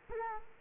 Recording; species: mosquito wingbeat signal from an infrared sensor; Culex quinquefasciatus